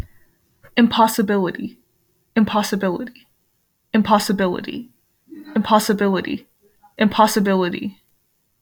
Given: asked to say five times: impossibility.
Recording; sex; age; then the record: repeated word; female; 20 to 29 years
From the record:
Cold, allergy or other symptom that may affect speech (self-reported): no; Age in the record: 21 years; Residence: Texas, United States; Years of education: 15